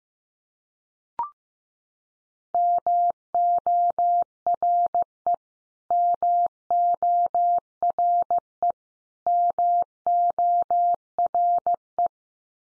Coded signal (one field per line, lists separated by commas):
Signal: Morse code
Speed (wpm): 15 wpm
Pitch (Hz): 700 Hz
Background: none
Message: MORE MORE MORE